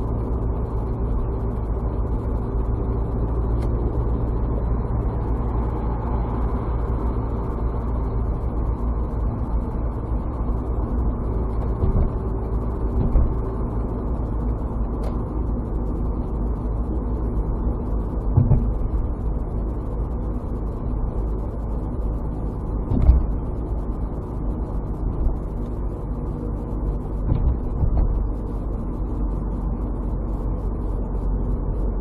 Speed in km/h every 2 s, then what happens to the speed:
73, 73, 74, 74, 72, 72, 71, 71, 68, 68, 70, 69, 69, 65, 64, 61.
0-24 steady at about 71. 24-32 slows to 61.